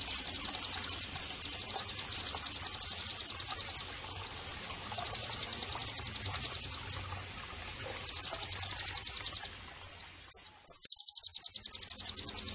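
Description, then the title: White-eye producing a fast, continuous torrent of high chirps with repeated sweeping downslurs. The song briefly drops out near the end. Actively singing ('gacor') bird, with the recording used as therapy and bird-training ('masteran') audio. "terapi pleci dextro 87"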